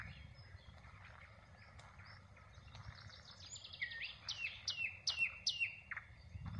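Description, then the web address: Common nightingale song: soft notes build into a loud series of repeated sweeping, falling notes near the end. "rossignol ordinaire chant du rossignol"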